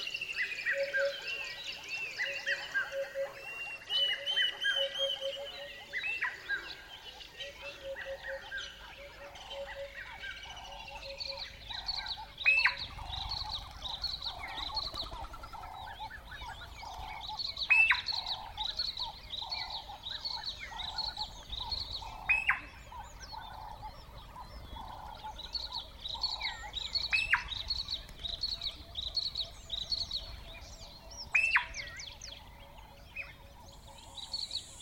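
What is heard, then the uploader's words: A savanna ambience thick with birdsong, several species calling at once. A rapid, regular series of bright pulsing chirps runs through most of the recording, while whistles, trills and sharp clicks come and go over a faint, low rumble. Southern African Ambience is a collection of rich and immersive savanna ambiences, recorded by George Vlad and Daan Hendriks in the north of South Africa, just on the border with Botswana.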